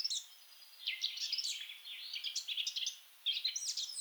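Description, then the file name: Blackcap warbling, soft and fast, with quick varied notes over a light background hiss, a short gap, then a few more notes. "Sylvia atricapilla"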